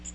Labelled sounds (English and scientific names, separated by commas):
Magnolia Warbler (Setophaga magnolia) flight call